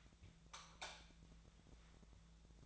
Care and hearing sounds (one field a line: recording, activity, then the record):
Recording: daily activity, microphone in the room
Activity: light off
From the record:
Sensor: 3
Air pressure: 1000.0 hPa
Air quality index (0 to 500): 126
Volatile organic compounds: 2 ppm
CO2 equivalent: 1126 ppm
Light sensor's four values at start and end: 39/101/42/46 and 36/92/39/43